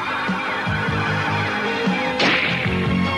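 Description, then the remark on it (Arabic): A football shot for the championship-winning goal strikes the goal net with one sharp, whip-like thwack and a brief rushing swish, heard over a steady low droning background. “الكرة اخترقت الشبك.”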